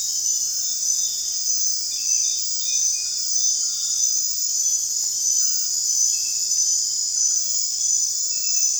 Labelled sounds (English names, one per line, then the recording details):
none
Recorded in dense forest near Puerto Asís, Putumayo, Colombia, on 29 June 2025 at 22:30
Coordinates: 0.468, -76.322
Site GP03